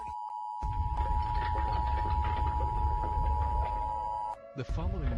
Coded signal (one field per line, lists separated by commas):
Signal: Emergency Alert System (SAME) tones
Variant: 853 and 960 Hz attention tone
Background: speech, music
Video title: REUPLOAD: EAS Scenario Christmas Special: Nibiru